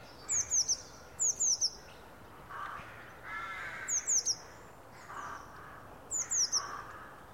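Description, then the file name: Eurasian blue tit calling with sharp, very high, downslurred notes in tight bursts of three, the bursts separated by pauses, with a faint hiss beneath. "Cyanistes caeruleus"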